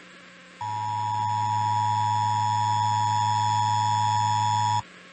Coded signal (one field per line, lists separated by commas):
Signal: Emergency Alert System (SAME) tones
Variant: 853 and 960 Hz attention tone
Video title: Monday IPAWS Tests (EAS #648-654) 8/26/24